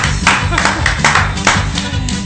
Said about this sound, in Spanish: La ganadora es Rogue Raiden. ¡Un aplauso para Rogue Raiden!